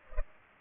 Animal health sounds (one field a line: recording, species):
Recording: mosquito wingbeat signal from an infrared sensor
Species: Culex pipiens